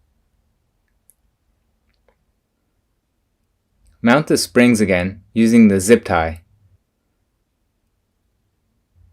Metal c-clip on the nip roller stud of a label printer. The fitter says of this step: ensure that the c-clips click into place and can move freely